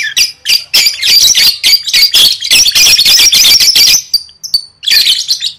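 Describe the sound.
Lovebird chattering: dense, shrill, buzzy chirps pouring out almost nonstop for four seconds, then a short pause and a few more sharp notes.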